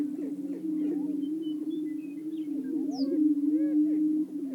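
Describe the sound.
Greater prairie-chickens: booming drone with sparse looping whoops and a few thin high notes.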